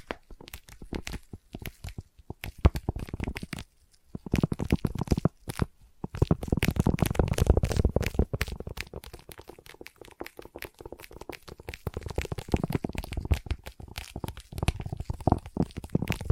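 Sticky tapping and sticky triggers fill the clip with dense, rapid clicks and peeling, crackly sounds that cut sharply on and off. Brief silences fall around 4 and 6 seconds, then a thicker, busier stretch of tearing-like crackle follows from about 6 to 9 seconds.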